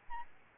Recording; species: mosquito wingbeat signal from an infrared sensor; Aedes albopictus